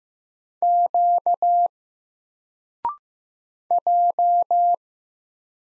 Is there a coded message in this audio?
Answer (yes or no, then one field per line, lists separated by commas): yes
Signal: Morse code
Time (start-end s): 0.6-4.7 s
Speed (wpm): 15 wpm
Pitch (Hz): 700 Hz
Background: none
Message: Q J